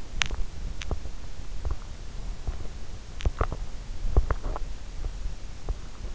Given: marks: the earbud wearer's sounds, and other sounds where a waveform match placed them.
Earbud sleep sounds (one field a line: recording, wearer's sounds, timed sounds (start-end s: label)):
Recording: sounds in sleep by an in-ear microphone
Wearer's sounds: teeth grinding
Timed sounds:
0.00-2.12 s: teeth grinding
3.13-5.81 s: teeth grinding